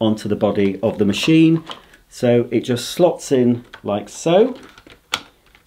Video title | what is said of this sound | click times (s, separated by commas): Dyson Ball Animal Multifloor Vacuum Cleaner Assembly & First Look | it will click into position. | 5.1 s